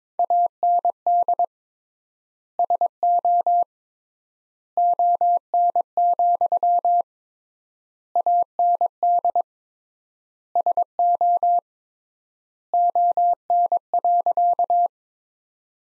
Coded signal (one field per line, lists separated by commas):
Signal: Morse code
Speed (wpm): 22 wpm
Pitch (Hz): 700 Hz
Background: none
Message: AND SO ON, AND SO ON.